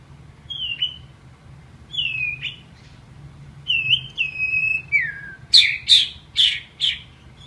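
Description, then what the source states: White-rumped shama whistling clear downslurred notes with pauses, then a descending phrase and four loud sharp high notes in quick succession; low hum underneath. Masteran (training recording) of a White-rumped shama.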